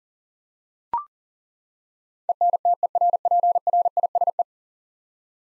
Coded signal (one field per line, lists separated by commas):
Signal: Morse code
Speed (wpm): 37 wpm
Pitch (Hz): 700 Hz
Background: none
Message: ENTERPRISE